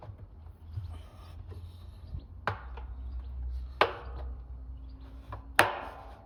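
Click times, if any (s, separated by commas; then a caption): 2.5 s, 3.8 s, 5.6 s. The rubber door seal (gasket) of a front-loading washing machine is pressed onto the inner drum lip, and its fastenings snap on. Three sharp clicks are heard at 2.5, 3.8 and 5.6 seconds over a low hum, with the last one the loudest. The seal is seated and fully on.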